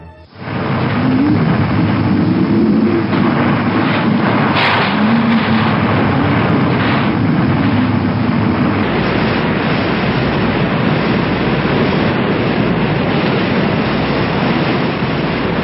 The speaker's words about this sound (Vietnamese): Sóng gió cuốn lên, tựa như sông trời đổ ngược xuống nước, mặt biển sôi trào dữ dội. Giữa cơn bão tố ầm ầm, tàu chia ba trên mặt biển thoát cao thoát thấp, bị hết cơn sóng này đến cơn sóng khác quăng quật tựa như bón đồ chơi.